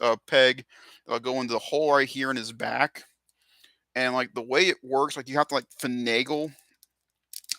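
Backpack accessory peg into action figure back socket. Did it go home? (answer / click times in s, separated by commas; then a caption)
yes / 7.5 s. Someone talks while working the rectangular peg of a plastic backpack accessory into the hole in an action figure's back. A sharp click at 7.5 s marks the peg seating in the figure's back.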